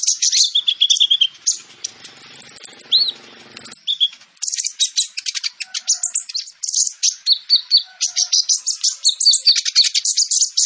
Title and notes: MASTERAN KOLIBRI NINJA FULL ISIAN DAN TEMBAKAN COCOK BUAT PANCINGAN. Suara Burung Kolibri Ninja Gacor